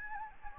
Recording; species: mosquito wingbeat signal from an infrared sensor; Anopheles gambiae